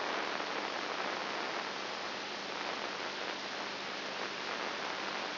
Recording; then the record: brain microelectrode recording played as sound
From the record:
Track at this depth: inside the subthalamic nucleus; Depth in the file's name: 5.5 mm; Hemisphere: right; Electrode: 2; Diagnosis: Parkinson's disease